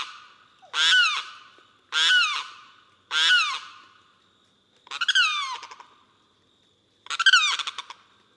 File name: Limpkin